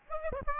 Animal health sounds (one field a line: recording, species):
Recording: mosquito wingbeat signal from an infrared sensor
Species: Aedes albopictus